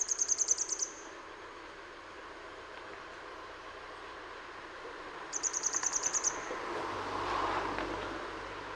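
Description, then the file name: Grey wagtail uttering two quick bursts of high, penetrating call notes several seconds apart, followed by a low rumble of passing traffic. Recorded in Utrecht. "Grote gele kwikstaart in Utrecht - Sound Cloud - luc de bruijn"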